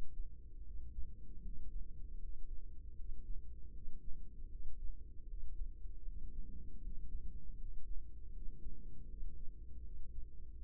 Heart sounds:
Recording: heart sounds by microphone in the right ear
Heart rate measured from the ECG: 78 bpm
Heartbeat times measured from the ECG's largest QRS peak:
0.62 s: heartbeat
1.40 s: heartbeat
2.18 s: heartbeat
2.94 s: heartbeat
3.71 s: heartbeat
4.48 s: heartbeat
5.25 s: heartbeat
6.03 s: heartbeat
6.79 s: heartbeat
7.56 s: heartbeat
8.31 s: heartbeat
9.06 s: heartbeat
9.81 s: heartbeat
10.57 s: heartbeat
From the record:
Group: healthy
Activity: rest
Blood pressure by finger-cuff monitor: 108/79 mmHg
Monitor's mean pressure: 89 mmHg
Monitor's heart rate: 77 bpm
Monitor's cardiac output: 5.5 L/min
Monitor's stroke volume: 71 mL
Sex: female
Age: 32 years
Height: 172 cm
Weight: 71.7 kg

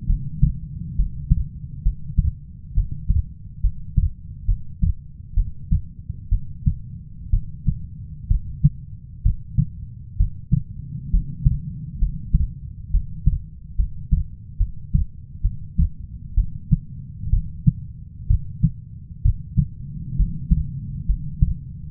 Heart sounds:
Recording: heart sounds by stethoscope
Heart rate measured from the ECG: 66 bpm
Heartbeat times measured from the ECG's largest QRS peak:
0.07 s: heartbeat
0.96 s: heartbeat
1.83 s: heartbeat
2.74 s: heartbeat
3.61 s: heartbeat
4.46 s: heartbeat
5.34 s: heartbeat
6.29 s: heartbeat
7.31 s: heartbeat
8.28 s: heartbeat
9.23 s: heartbeat
10.17 s: heartbeat
11.11 s: heartbeat
11.99 s: heartbeat
12.91 s: heartbeat
13.76 s: heartbeat
14.58 s: heartbeat
15.42 s: heartbeat
16.35 s: heartbeat
17.30 s: heartbeat
18.28 s: heartbeat
19.23 s: heartbeat
20.17 s: heartbeat
21.06 s: heartbeat
21.87 s: heartbeat
From the record:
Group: healthy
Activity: rest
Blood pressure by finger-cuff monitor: 139/66 mmHg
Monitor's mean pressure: 90 mmHg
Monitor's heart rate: 64 bpm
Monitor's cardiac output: 6.4 L/min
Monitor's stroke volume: 101 mL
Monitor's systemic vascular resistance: 1030 dyn s/cm5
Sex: female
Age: 37 years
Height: 168 cm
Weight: 70 kg

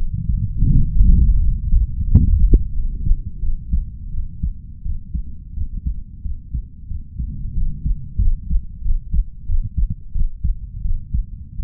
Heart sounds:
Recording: heart sounds by stethoscope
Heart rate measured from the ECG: 88 bpm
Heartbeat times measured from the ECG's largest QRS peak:
0.70 s: heartbeat
1.37 s: heartbeat
2.05 s: heartbeat
2.71 s: heartbeat
3.39 s: heartbeat
4.10 s: heartbeat
4.82 s: heartbeat
5.53 s: heartbeat
6.21 s: heartbeat
6.87 s: heartbeat
7.53 s: heartbeat
8.18 s: heartbeat
8.81 s: heartbeat
9.45 s: heartbeat
10.11 s: heartbeat
10.81 s: heartbeat
11.55 s: heartbeat
From the record:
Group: healthy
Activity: rest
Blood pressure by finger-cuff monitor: 119/76 mmHg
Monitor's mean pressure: 87 mmHg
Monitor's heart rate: 90 bpm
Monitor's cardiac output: 5.9 L/min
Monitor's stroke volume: 68 mL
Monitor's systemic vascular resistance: 1120 dyn s/cm5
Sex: female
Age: 32 years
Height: 168 cm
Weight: 61.9 kg

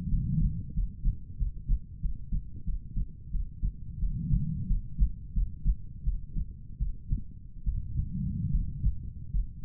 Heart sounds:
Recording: heart sounds by stethoscope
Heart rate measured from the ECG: 85 bpm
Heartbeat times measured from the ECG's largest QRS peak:
0.08 s: heartbeat
0.73 s: heartbeat
1.37 s: heartbeat
2.00 s: heartbeat
2.64 s: heartbeat
3.30 s: heartbeat
3.98 s: heartbeat
4.66 s: heartbeat
5.32 s: heartbeat
6.03 s: heartbeat
6.77 s: heartbeat
7.63 s: heartbeat
8.49 s: heartbeat
9.30 s: heartbeat
From the record:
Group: healthy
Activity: cold pressor test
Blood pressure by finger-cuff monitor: 119/64 mmHg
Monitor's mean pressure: 83 mmHg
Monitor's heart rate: 88 bpm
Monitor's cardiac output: 8.5 L/min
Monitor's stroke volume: 95 mL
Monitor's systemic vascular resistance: 710 dyn s/cm5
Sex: female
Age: 23 years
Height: 160 cm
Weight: 50.4 kg

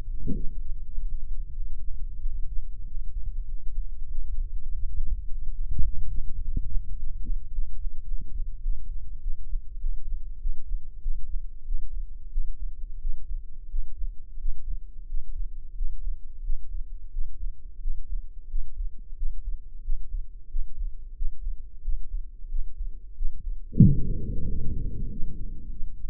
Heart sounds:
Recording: heart sounds by microphone in the left ear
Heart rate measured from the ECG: 94 bpm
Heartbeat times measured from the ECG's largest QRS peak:
0.05 s: heartbeat
0.78 s: heartbeat
1.49 s: heartbeat
2.17 s: heartbeat
2.82 s: heartbeat
3.45 s: heartbeat
4.06 s: heartbeat
4.66 s: heartbeat
5.25 s: heartbeat
5.82 s: heartbeat
6.39 s: heartbeat
6.94 s: heartbeat
7.50 s: heartbeat
8.05 s: heartbeat
8.61 s: heartbeat
9.19 s: heartbeat
9.77 s: heartbeat
10.38 s: heartbeat
10.99 s: heartbeat
11.63 s: heartbeat
12.29 s: heartbeat
12.98 s: heartbeat
13.67 s: heartbeat
14.37 s: heartbeat
15.05 s: heartbeat
15.73 s: heartbeat
16.41 s: heartbeat
17.09 s: heartbeat
17.79 s: heartbeat
18.47 s: heartbeat
19.14 s: heartbeat
19.81 s: heartbeat
20.47 s: heartbeat
21.13 s: heartbeat
21.81 s: heartbeat
22.47 s: heartbeat
23.13 s: heartbeat
23.79 s: heartbeat
24.46 s: heartbeat
25.08 s: heartbeat
25.68 s: heartbeat
From the record:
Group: healthy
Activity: breath hold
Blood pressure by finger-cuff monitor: 103/77 mmHg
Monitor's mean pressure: 83 mmHg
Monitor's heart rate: 90 bpm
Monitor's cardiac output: 6 L/min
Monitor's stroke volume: 67 mL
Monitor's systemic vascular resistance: 980 dyn s/cm5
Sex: male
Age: 21 years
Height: 170 cm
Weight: 71 kg

